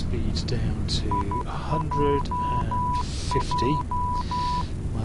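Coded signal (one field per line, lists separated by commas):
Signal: Morse code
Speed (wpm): 12 wpm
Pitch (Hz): 990 Hz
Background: speech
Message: IJJ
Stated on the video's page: Morse from the default Airbus A321 in Flight Simulator X, during an ILS landing.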